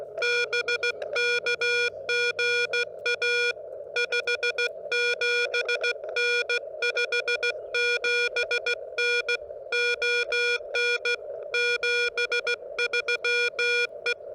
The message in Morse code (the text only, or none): BK GA 57N 57N ON 73 E